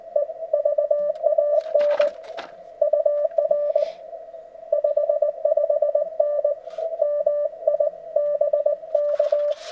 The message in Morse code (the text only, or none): EVAN UR 55N MI BK